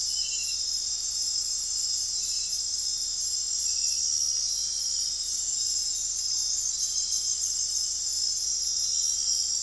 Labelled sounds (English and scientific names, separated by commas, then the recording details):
none
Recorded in dense forest near Puerto Asís, Putumayo, Colombia, on 13 March 2025 at 00:30
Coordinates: 0.503, -76.323
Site GP09